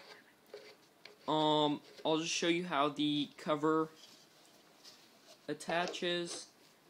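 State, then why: Not seated. The fabric cover is being handled on an Iraqi Desert Storm pattern 58 military canteen, with someone talking throughout, a faint soft rustle near 0.5 seconds and a brief quiet tap near 1.1 seconds. The cover's snap fastener has not clicked closed yet, and nothing has seated by the end of the clip.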